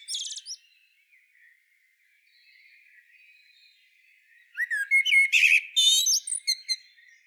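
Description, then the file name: Common blackbird giving a brief high twitter, then after a long quiet gap a full phrase of rich fluted notes running into thin, scratchy high squeaks. "Turdus merula"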